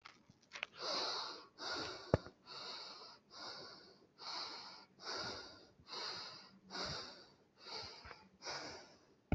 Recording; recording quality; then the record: shallow breathing; excellent, no background noise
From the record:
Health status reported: respiratory illness, not identified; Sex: male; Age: 34 years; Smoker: yes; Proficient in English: yes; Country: India